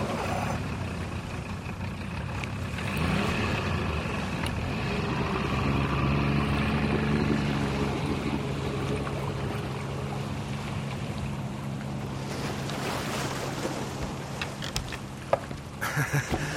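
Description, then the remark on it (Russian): A friend's motorboat, taken out for fishing, drones steadily across the water, a low continuous engine rumble with splashing and rushing water noise layered over it, holding at a fairly even loudness throughout. “Ты неплохо управляешься с катером, Юджин.”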